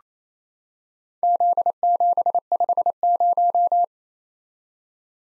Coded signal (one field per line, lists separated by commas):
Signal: Morse code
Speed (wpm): 28 wpm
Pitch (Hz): 700 Hz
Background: none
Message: Z750